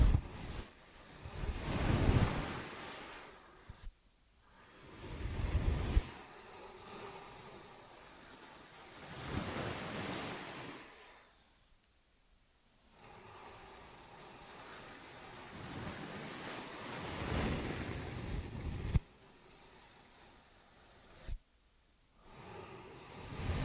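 Ear and scalp massage sounds, with rough rubbing and brushing swells that rise and fade, broken by several brief near-silent pauses.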